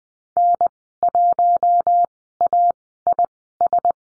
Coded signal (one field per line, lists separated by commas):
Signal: Morse code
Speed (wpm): 20 wpm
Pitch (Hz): 700 Hz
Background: none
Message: N1AIS